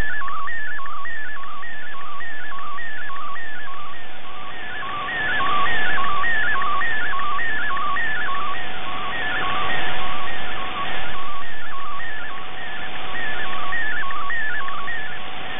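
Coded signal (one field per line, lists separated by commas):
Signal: multi-tone FSK (Olivia or MFSK type)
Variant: MFSK64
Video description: In this video it is MFSK64 for the image and MFSK32 for the concluding text after the image.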